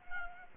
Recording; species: mosquito wingbeat signal from an infrared sensor; Culex quinquefasciatus